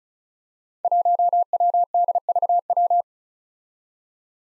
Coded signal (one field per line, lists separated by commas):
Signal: Morse code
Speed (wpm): 36 wpm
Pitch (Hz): 700 Hz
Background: none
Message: 1WDVW